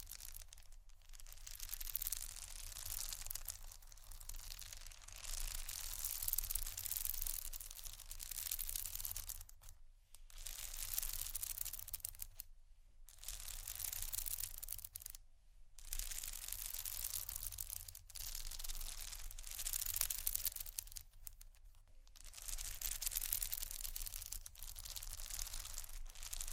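Bags are scratched and crinkled in dense, rapid bursts of bright, hissy rustling that run almost without letup. Short pauses cut in near 10, 13, 15, 18 and 22 seconds, and a faint low hum stays underneath throughout.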